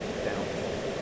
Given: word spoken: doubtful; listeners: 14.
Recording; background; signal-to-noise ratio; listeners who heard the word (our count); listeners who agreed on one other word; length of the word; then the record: one English word in noise, from a listening test; speech-shaped noise; -6.2 dB; 0 of 14; 10 of 14; 0.62 s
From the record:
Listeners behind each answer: 10, 1, 1, 1, 1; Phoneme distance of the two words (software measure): 21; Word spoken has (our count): 2 syllables, 6 phonemes, stress on syllable 1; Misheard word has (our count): 1 syllable, 3 phonemes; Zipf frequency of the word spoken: 3.19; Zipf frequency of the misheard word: 4.89